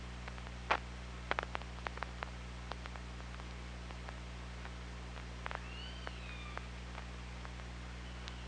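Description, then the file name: Killer whale underwater call: a thin rising-then-falling whistle late, joined by a higher parallel tone, among irregular sharp clicks and a constant low hum. OrcaLab hydrophone, 24 August 2017 at 07:21. "Orca Lab 20170824 072144"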